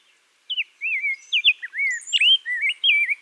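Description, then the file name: Rose-breasted grosbeak song, a fluent run of rich, robin-like whistled notes, slurred up and down in quick succession. Song recorded in Minnesota. "RBGR SONG MN - Rose-breasted Grosbeak - Pheucticus ludovicianus"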